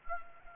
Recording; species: mosquito wingbeat signal from an infrared sensor; Anopheles arabiensis